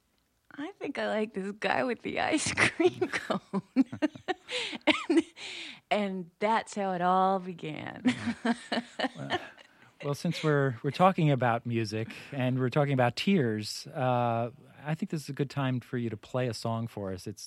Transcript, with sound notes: I think I like this guy with the ice cream cone. (laughs)
And that's how it all began.
Well, since we're talking about music and we're talking about tears, I think this is a good time for you to play a song for us.